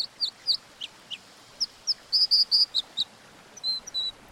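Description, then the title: American Dipper calls: high, sharp notes, most given singly and some in a quick run of three, with two longer flat notes at the end. "Dippers on the Elwha"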